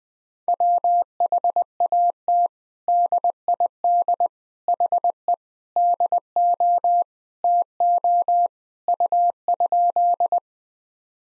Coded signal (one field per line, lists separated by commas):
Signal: Morse code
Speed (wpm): 21 wpm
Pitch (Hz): 700 Hz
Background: none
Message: WHAT DID HE DO TO U?